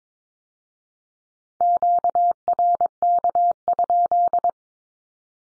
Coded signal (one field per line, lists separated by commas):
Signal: Morse code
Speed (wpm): 22 wpm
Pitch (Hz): 700 Hz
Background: none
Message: QRK?